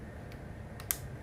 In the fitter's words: There you go. That's one satisfying snap.